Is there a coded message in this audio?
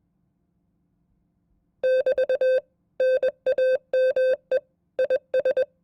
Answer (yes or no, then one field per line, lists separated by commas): yes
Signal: Morse code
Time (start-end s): 1.8-5.6 s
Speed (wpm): 21 wpm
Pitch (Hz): 520 Hz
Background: none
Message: <BT> NAME IS